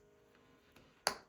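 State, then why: Seated. A plastic locking washer is pressed down the ridged shank of a safety eye in an amigurumi piece. After a faint tick near 0.8 s, a sharp, loud click sounds at 1.1 s and quickly decays. The washer is seated home on the shank.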